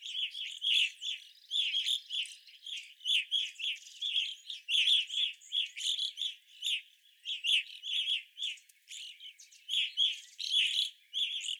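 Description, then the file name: Evening grosbeaks chattering, dense continuous chirped calls from a group, each note short and ringing, hardly pausing across the whole stretch. Several evening grosbeaks, recorded 25 April 2021. "2021-04-25 Evening Grosbeaks"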